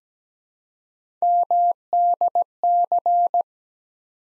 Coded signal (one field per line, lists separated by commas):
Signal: Morse code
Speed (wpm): 17 wpm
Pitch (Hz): 700 Hz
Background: none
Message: MDC